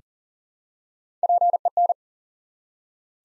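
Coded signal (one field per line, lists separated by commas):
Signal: Morse code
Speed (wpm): 41 wpm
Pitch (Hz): 700 Hz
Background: none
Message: PEN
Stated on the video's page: Morse Code Ninja practice set at 40 wpm building 3-letter words one letter at a time, for instant character recognition training.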